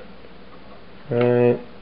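The crow's nest lookout on the hinge of a plastic brick Lego Star Wars Turbo Tank is being handled and pulled up toward its upright position. Against a quiet background, someone talks briefly from about 1.1 to 1.5 s. Nothing has clicked or seated yet.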